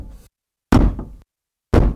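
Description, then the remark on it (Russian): A stick taps on stone outside on a street in a slow, measured rhythm: three sharp, hard knocks spaced about a second apart, each one bright and clacking, with silence between and no voices. “Это был не стук копыт. Так стучит палка по камню.”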